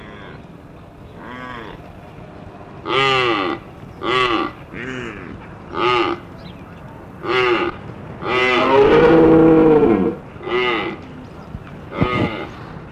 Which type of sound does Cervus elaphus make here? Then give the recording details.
call. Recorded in captivity. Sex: diverse. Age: adult. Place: Zoo Halle, Sachsen-Anhalt, DE. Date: 1965-10-23. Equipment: Telefunken Magnetophon 300, Transistorverstärker 2, Sennheiser MD 421, Kopie Smaragd. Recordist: Tembrock, Günter